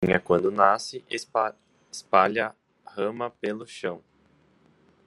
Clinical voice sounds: short text; Brazilian Portuguese; male; 20 to 29 years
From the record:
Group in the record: control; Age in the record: 24 years

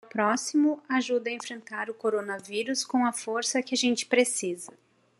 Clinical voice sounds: spoken sentence; Brazilian Portuguese; female; 40 to 49 years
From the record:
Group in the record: control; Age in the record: 40 years

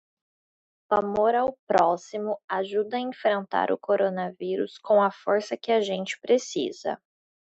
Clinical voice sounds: spoken sentence; Brazilian Portuguese; female; 20 to 29 years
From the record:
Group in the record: control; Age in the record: 27 years

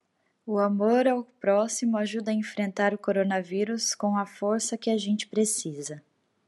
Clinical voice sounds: spoken sentence; Brazilian Portuguese; female; 30 to 39 years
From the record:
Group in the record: control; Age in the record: 32 years

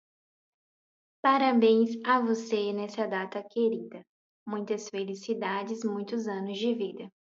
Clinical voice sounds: short text; Brazilian Portuguese; female; 20 to 29 years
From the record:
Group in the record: control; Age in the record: 22 years

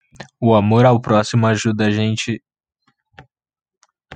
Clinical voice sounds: spoken sentence; Brazilian Portuguese; male; 18 to 19 years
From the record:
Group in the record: control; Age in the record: 19 years

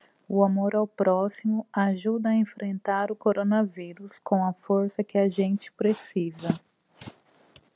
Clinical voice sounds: spoken sentence; Brazilian Portuguese; female; 30 to 39 years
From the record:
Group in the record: control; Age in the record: 37 years

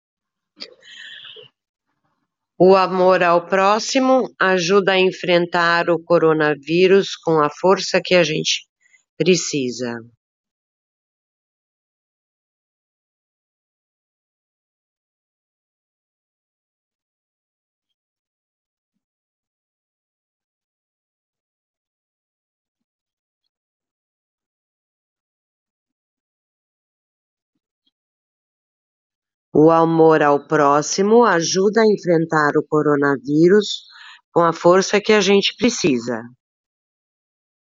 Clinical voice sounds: spoken sentence; Brazilian Portuguese; female; 60 to 69 years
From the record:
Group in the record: control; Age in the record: 63 years

